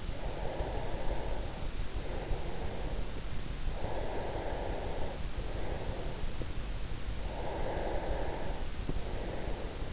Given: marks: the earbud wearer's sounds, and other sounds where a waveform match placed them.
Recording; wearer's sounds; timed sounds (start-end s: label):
sounds in sleep by an in-ear microphone; breath
0.00-6.77 s: breath
7.01-9.85 s: breath